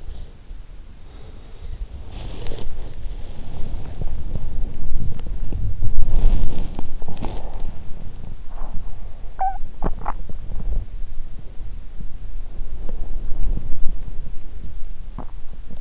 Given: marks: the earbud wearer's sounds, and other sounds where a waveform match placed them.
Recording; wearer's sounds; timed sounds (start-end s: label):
sounds in sleep by an in-ear microphone; body movement
0.83-15.81 s: body movement